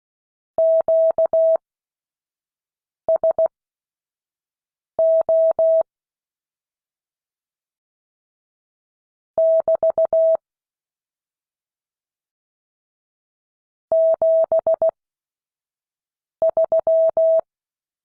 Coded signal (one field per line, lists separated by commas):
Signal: Morse code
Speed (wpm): 16 wpm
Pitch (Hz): 650 Hz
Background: none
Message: QSO <BT> 73